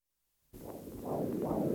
Foetal heart beat as heard from region of umbilical cord.